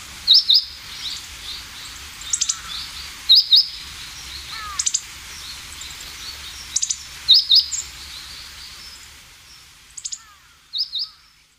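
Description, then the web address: Meadow bunting call notes: sharp, high, short clicks in quick pairs or triplets, repeated every few seconds, with fainter chirps between. Call note, given in Japanese as jinaki, the ordinary non-song call. "sikioto birds houzirozinaki"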